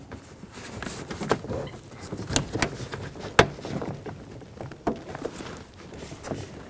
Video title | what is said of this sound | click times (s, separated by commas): How to Replace Front Window Regulator Assemblies 2003-2007 Honda Accord | Now we can swing this area over to its proper position on the inside of the door panel. Listen for a click. | 3.4 s